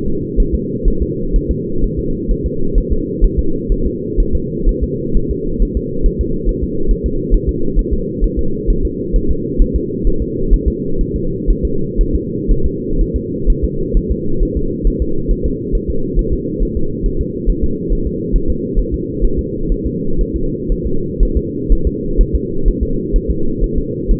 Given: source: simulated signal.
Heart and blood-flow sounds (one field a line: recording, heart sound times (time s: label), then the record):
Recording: fetal heart sounds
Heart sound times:
0.08 s: S2
0.40 s: S1
0.55 s: S2
0.88 s: S1
1.02 s: S2
1.36 s: S1
1.51 s: S2
1.84 s: S1
1.99 s: S2
2.31 s: S1
2.46 s: S2
2.78 s: S1
2.92 s: S2
3.24 s: S1
3.39 s: S2
3.72 s: S1
3.87 s: S2
4.20 s: S1
4.35 s: S2
4.69 s: S1
4.84 s: S2
5.17 s: S1
5.31 s: S2
5.62 s: S1
5.77 s: S2
6.06 s: S1
6.21 s: S2
6.49 s: S1
6.63 s: S2
6.91 s: S1
7.06 s: S2
7.34 s: S1
7.49 s: S2
7.79 s: S1
7.93 s: S2
8.24 s: S1
8.39 s: S2
8.70 s: S1
8.85 s: S2
9.16 s: S1
9.31 s: S2
9.62 s: S1
9.76 s: S2
10.07 s: S1
10.22 s: S2
10.54 s: S1
10.68 s: S2
11.01 s: S1
11.16 s: S2
11.50 s: S1
11.65 s: S2
12.01 s: S1
12.16 s: S2
12.51 s: S1
12.66 s: S2
13.01 s: S1
13.16 s: S2
13.50 s: S1
13.64 s: S2
13.97 s: S1
14.11 s: S2
14.43 s: S1
14.57 s: S2
14.87 s: S1
15.02 s: S2
15.31 s: S1
15.46 s: S2
15.75 s: S1
15.90 s: S2
16.19 s: S1
16.34 s: S2
16.63 s: S1
16.77 s: S2
17.06 s: S1
17.21 s: S2
17.50 s: S1
17.64 s: S2
17.93 s: S1
18.07 s: S2
18.36 s: S1
18.50 s: S2
18.79 s: S1
18.94 s: S2
19.25 s: S1
19.39 s: S2
19.72 s: S1
19.86 s: S2
20.21 s: S1
20.36 s: S2
20.72 s: S1
20.87 s: S2
21.23 s: S1
21.37 s: S2
21.72 s: S1
21.87 s: S2
22.21 s: S1
22.35 s: S2
22.68 s: S1
22.83 s: S2
23.16 s: S1
23.31 s: S2
23.64 s: S1
23.78 s: S2
24.11 s: S1
From the record:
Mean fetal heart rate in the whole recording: 130 bpm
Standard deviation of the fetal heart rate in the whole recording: 4 bpm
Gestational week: 38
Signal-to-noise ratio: -8.1 dB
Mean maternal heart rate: 72 bpm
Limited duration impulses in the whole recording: absent